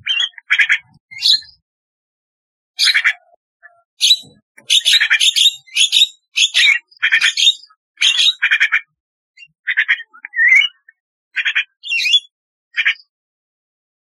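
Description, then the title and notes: Starling singing a busy, scratchy series of chatters and squeaky whistles, phrases coming almost continuously with short gaps. "Kicau Burung Jalak"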